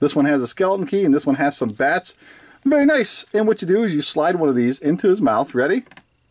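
Someone talks while holding round cardboard shooter discs, one printed with a skeleton key and one with bats, for a plastic 2015 Hotel Transylvania 2 McDonald's Happy Meal toy figure, about to slide one into the figure's mouth launcher. Nothing has seated or clicked yet.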